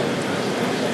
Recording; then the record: background sound without coughing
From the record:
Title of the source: Office Sounds Ambience - Background Noise for Study and Work